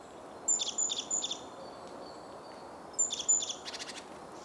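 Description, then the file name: Great tit calls: crisp, high notes in groups of three, repeated twice, with a fast rattling burst at the end over continuous background noise. "Parus major"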